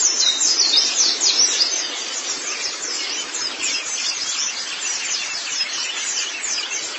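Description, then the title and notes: White-eye song, a rapid, high twittering warble, loudest at the start and then continuing more softly. Chirping song. "Kicauan Burung Pleci Durasi Panjang. Suara kicauan burung pleci"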